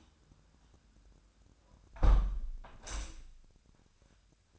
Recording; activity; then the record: daily activity, microphone in the room; close window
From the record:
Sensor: 2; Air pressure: 1006.3 hPa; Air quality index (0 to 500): 190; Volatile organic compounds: 11 ppm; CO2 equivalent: 2313 ppm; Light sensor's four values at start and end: 8/21/8/9 and 8/20/8/8